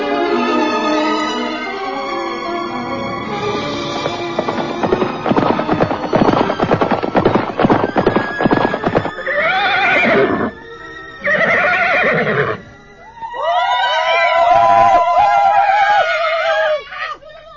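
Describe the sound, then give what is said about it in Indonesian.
Horses gallop with a dense, rapid drumming of hooves, broken by several loud, high whinnies that rise and fall in pitch, sounding like a line of riders, Mohawk tribe warriors, charging in from the rocky hills. “Tetapi tiba-tiba terdengar suara barisan penunggang kuda yang datang dari arah bukit-bukit batu.”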